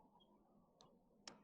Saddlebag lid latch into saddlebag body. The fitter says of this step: and you can feel it Go click click so you know you're in